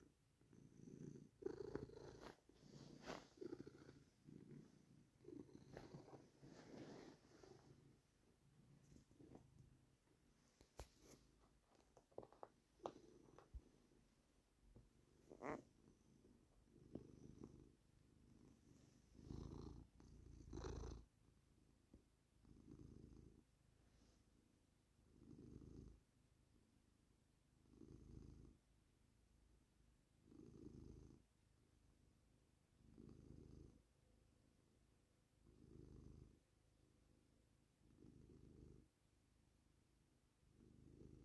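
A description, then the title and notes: A cat purrs, its low rumble rising and falling in a steady rhythm of breaths, about every two and a half seconds. The first twenty seconds are busier, with scratchy rustling and sharp clicks over the purr before it settles into an even cycle. ASMR cat purring.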